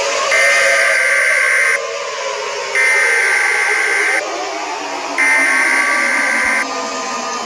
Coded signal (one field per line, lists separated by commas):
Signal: Emergency Alert System (SAME) tones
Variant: header bursts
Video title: Eas scenario: Dual pandemics